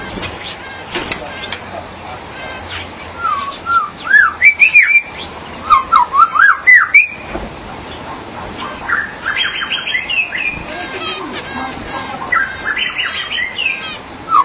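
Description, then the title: Magpie-robin or shama singing varied whistled phrases, some wavering, others sharp and rising, interspersed with rasping notes and short silences. "BM Suara Burung Murai"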